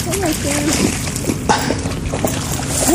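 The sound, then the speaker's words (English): A dog splashes and sloshes steadily through a knee-deep puddle of water, with a continuous wet churning and scattered sharper splats, while a faint voice briefly rises underneath. “Don't go in the puddle. You went in the puddle.”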